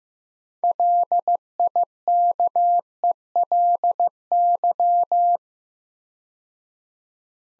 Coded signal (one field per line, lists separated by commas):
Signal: Morse code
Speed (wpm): 15 wpm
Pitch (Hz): 700 Hz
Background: none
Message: LIKELY